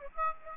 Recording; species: mosquito wingbeat signal from an infrared sensor; Aedes aegypti